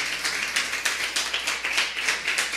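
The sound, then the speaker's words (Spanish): A crowd applauds the Father, Jesus Christ, together, a dense wash of many hands clapping with a steady rhythmic pulse of sharper claps running through it, fairly loud and sustained without any talking. “Entonces, mi hermano, ¿le puedes dar un fuerte aplauso a tu Padre?”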